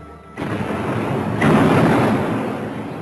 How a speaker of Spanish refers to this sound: Los cañonazos lo asolan todo.